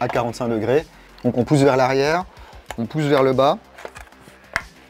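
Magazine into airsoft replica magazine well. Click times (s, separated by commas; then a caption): 4.6 s. A magazine is inserted at 45° into the magazine well of a STORM PC-1 airsoft replica, then pushed back and down while someone talks, with a few small taps around 3.9–4.1 s. A loud, sharp click at 4.6 s is the magazine locking into the well through a small notch, and it is well seated.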